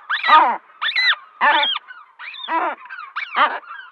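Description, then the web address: Guillemot calls, a series of harsh, harmonic, arching cries about every half second to second, with fainter calls behind them. "Schulze Peter Guillemot"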